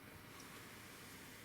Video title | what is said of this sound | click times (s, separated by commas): 3D Printed #3 : Corsiar SPEC01 Case Feet | just like that and that actually fits on there reasonably well it doesn't uh doesn't snap into place like I would really like it too but uh it's good enough | none